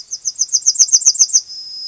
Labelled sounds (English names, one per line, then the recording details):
Yellowhammer song
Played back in grassland
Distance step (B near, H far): B
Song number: 012